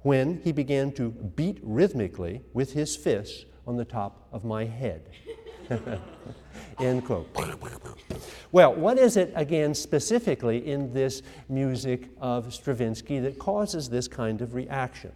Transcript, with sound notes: when he began to beat rhythmically with his fists on the top of my head.” [laughter] [laughs] End quote. Well, what is it, again, specifically in this music of Stravinsky that causes this kind of reaction?